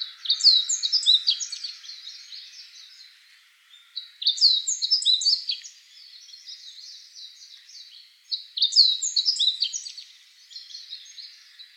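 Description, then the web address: Meadow bunting song: three bursts of rapid, jumbled high twittering phrases, each a few seconds long with short pauses between, over faint background hiss. Recorded 15 April 2014. "birdenaga hojiro"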